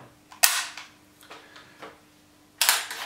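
The ball-catch cover on the polymer receiver of a BO Shield 595 BAW-PRO OD-TAN airsoft rifle is popped open to reach the hop-up adjustment. It snaps open with one sharp, loud snap at 0.4 s, among a few faint handling clicks, and the working ball catch releases. Another loud burst of noise follows at about 2.6 s.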